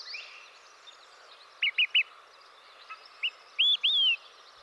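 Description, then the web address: Olive-sided flycatcher: three quick sharp pip notes, then a short note and two loud slurred whistles rising and falling, against a constant hiss. "Dan Gibson's Solitudes Nature Trails. Olive-Sided Flycatcher"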